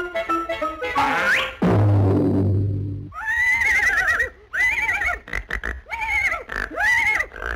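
A horse neighs loudly, starting with a rising whinny and a deep, fluttering snort, then a run of shrill, wavering neighs repeated in quick bursts with no talking.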